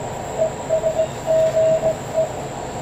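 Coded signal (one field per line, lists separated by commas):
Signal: Morse code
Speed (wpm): 21 wpm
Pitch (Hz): 660 Hz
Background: none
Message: ES GE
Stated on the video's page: Amateur radio club Reverse Beacon Network exercise during the solar eclipse.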